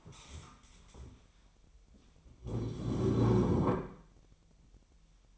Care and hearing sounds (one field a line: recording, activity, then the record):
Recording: daily activity, microphone in the room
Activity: stand up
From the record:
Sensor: 1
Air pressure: 1002.0 hPa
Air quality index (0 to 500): 242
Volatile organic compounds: 104 ppm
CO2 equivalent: 3780 ppm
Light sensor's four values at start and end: 10/24/10/11 and 10/23/9/11